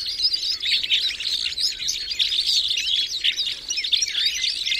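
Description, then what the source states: Red crossbill calls: many quick, high chips and tweets run together into a busy, continuous chatter from a group of birds. Recorded in the Rusel area on 15 November 2014.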